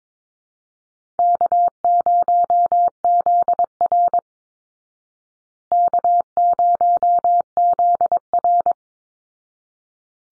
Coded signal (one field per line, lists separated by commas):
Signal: Morse code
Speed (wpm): 22 wpm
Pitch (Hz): 700 Hz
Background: none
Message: K0ZR K0ZR